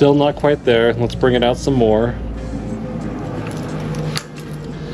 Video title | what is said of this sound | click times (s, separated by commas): The Dualtron Popular is their Best Value Escooter | now as you can see it won't lock into place | none